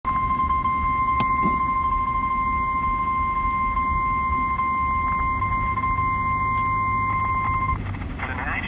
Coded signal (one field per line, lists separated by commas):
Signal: Emergency Alert System (SAME) tones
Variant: 1050 Hz attention tone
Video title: EAS #223 (Severe Thunderstorm Warning)